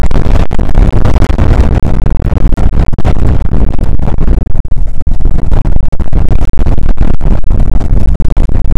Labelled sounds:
wind
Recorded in the Prudhoe Bay oil fields, Alaska, on 2 August 2019 at 01:32
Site 29

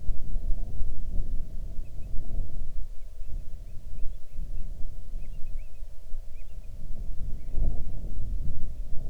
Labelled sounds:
bird, wind
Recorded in the Arctic National Wildlife Refuge, Alaska, on 6 July 2019 at 00:32
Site 39

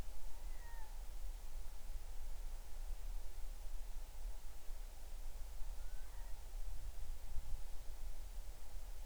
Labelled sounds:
bird
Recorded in the Arctic National Wildlife Refuge, Alaska, on 20 July 2019 at 02:55
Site 38

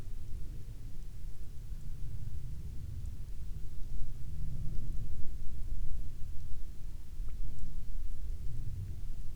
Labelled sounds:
rain
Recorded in the Prudhoe Bay oil fields, Alaska, on 12 May 2019 at 20:22
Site 21

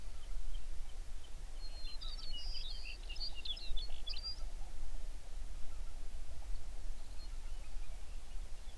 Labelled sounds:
songbird, waterfowl
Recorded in the Prudhoe Bay oil fields, Alaska, on 11 June 2019 at 05:21
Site 21

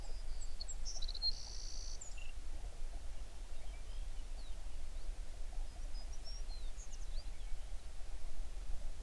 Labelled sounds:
songbird
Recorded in the Prudhoe Bay oil fields, Alaska, on 11 June 2019 at 05:45
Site 21

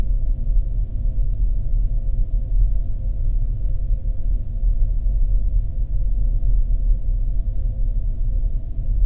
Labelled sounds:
flare stack
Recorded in the Arctic National Wildlife Refuge, Alaska, on 3 September 2019 at 10:02
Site 48

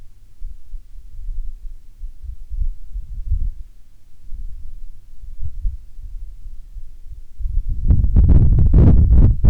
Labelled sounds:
wind
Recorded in the Prudhoe Bay oil fields, Alaska, on 10 June 2019 at 17:33
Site 11

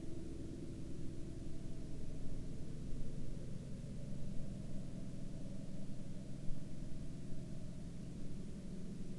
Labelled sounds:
man-made sound
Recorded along the Dempster Highway, Canada, on 11 October 2020 at 21:24
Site 24

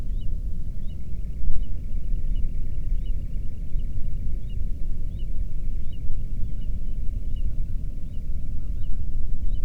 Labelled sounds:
waterfowl
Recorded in the Prudhoe Bay oil fields, Alaska, on 13 June 2019 at 00:35
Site 30

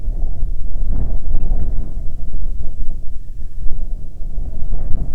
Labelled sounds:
wind
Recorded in the Arctic National Wildlife Refuge, Alaska, on 9 July 2019 at 21:37
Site 48

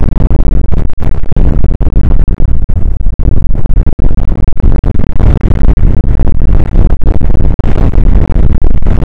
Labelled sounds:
wind
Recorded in the Prudhoe Bay oil fields, Alaska, on 29 May 2019 at 00:03
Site 25

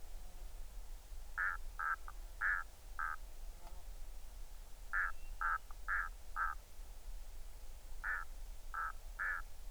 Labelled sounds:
waterfowl
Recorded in the Arctic National Wildlife Refuge, Alaska, on 20 July 2019 at 02:45
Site 38

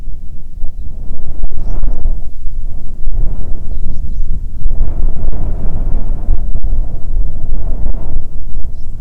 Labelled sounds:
bird, wind
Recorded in the Arctic National Wildlife Refuge, Alaska, on 9 July 2019 at 22:17
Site 48

